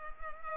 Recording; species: mosquito wingbeat signal from an infrared sensor; Culex pipiens